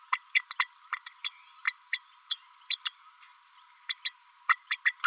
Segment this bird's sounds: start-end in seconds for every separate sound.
0.12-0.18, 0.34-0.41, 0.50-0.53, 0.59-0.67, 0.92-0.96, 1.06-1.10, 1.24-1.29, 1.67-1.72, 1.92-1.99, 2.30-2.39, 2.70-2.77, 2.85-2.92, 3.89-3.94, 4.05-4.11, 4.48-4.56, 4.70-4.77, 4.85-4.93